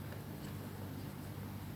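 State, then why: Not seated. The lens standard of a Butcher & Sons Klimax antique folding plate camera is being pulled out along its bellows toward the metal focusing sled, over a steady low hum with no distinct clicks. Nothing has seated or clicked yet.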